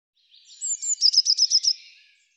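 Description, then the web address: Eurasian blue tit call opening with soft high notes, then a fast train of six sharp, buzzy repeated notes that fade out, with no other sounds. "cianscape birddata Deverinetal 2025 File cleaned normalized Bird Cy Ca"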